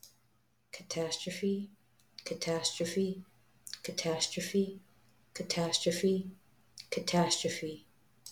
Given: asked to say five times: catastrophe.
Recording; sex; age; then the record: repeated word; female; 20 to 29 years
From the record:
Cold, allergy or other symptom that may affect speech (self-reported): no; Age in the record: 20 years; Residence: Florida, United States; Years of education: 14